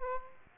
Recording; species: mosquito wingbeat signal from an infrared sensor; Aedes aegypti